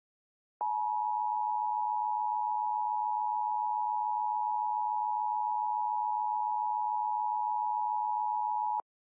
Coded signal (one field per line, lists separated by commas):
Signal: Emergency Alert System (SAME) tones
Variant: 853 and 960 Hz attention tone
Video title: EAS Scenario/Analog Horror - FLUX